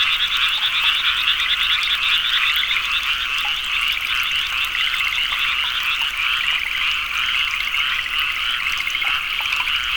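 Frogs croaking en masse, fast repeated trills layered into a continuous high drone throughout.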